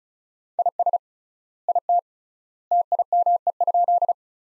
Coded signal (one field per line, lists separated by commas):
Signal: Morse code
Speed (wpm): 36 wpm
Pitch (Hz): 700 Hz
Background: none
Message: IS IT TIME?